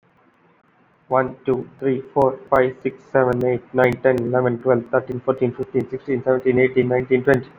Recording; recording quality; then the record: counting at a fast pace; excellent, no background noise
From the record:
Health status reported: COVID-19 positive, mild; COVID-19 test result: positive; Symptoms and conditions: cough, cold, fever, fatigue, muscle pain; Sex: male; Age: 24 years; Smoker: not ticked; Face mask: not worn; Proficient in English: yes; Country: India